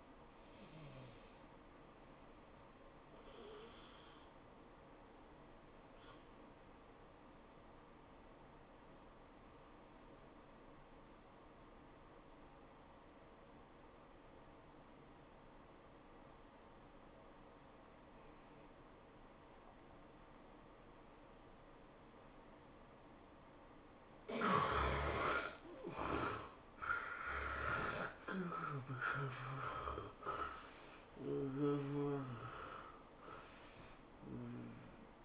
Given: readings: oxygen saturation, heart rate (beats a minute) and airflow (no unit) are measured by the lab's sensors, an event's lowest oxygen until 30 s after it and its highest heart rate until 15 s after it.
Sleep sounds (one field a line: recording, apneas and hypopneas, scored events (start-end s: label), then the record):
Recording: breathing in sleep by a voice recorder at the bedside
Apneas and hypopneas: 1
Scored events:
4.00-25.10 s: hypopnea (N1, oxygen 95% highest, then 76% lowest, heart rate 97 at the start, 104 highest)
From the record:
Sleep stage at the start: N1 (lightest sleep)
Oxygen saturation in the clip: 80 to 95%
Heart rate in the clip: 80 to 104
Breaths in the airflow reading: 7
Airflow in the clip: -10.5 to 13.8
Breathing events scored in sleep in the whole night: 403 in 5.5 hours asleep